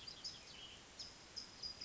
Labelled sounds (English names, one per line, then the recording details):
California Towhee
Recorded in Sonoma County, California